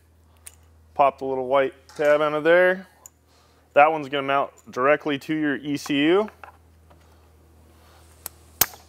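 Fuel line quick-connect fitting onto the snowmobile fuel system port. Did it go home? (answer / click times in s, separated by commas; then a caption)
yes / 8.6 s. Someone talks while pressing the Aerocharger kit's fuel line quick-connect fitting onto its port on a Ski-Doo E-TEC snowmobile's fuel system, pushing it until it clicks. After the talking stops, a faint tick comes at 8.3 s, followed by a sharp, loud click at 8.6 s as the fitting seats.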